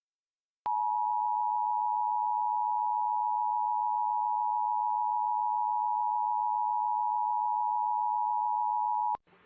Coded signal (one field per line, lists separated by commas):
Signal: Emergency Alert System (SAME) tones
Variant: 853 and 960 Hz attention tone